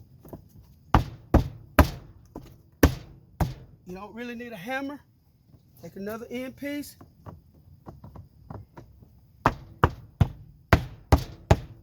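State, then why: Seated. A plastic end piece is pressed by hand onto a deck tile, without a hammer, giving a series of sharp, loud snaps from about 0.9 to 3.4 s and again from 9.5 to 11.5 s, with someone talking in between. The end piece snaps into place at 9.5, 9.8 and 10.7 s.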